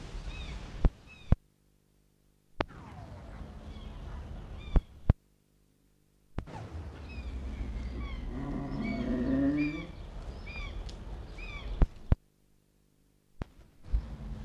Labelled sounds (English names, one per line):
Wapiti rut call